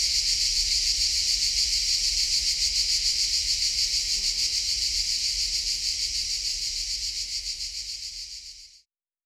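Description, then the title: Crickets give a strong, steady pulsed buzz, high and hissy, throbbing about three and a half times a second, slowly weakening and then stopping abruptly near the end. Collserola natural park during a heat wave; recordist walking toward a pine wood, passing different cricket types singing differently; recorder with hypercardioid microphone. "Grills Diferents Collserola"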